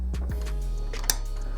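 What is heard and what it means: A replacement inkjet cartridge is pushed down into the carriage of an Epson WorkForce WF-2510WF printer over a steady low tonal hum, with two soft bumps near 0.2 and 0.3 s. A short, sharp click at 1.1 s marks the cartridge seating, leaving it flush with the other cartridges.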